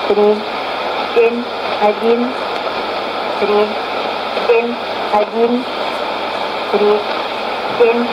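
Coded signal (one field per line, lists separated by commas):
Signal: numbers station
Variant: S06s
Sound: short spoken words at a steady pace, faint under loud hissing radio static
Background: radio static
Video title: 10 08 2015 Numbers Station S06s 0832 on 8221 CUSB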